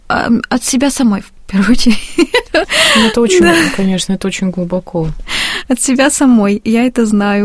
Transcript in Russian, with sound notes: От себя самой, в первую очередь... (смеется)
Конечно, это очень глубоко...
От себя самой, я это знаю.